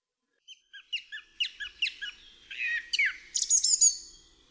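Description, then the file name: Song thrush song: a run of sharp repeated notes, then richer buzzy phrases and high, rapid notes near the end. "DROZD SPIEWAK"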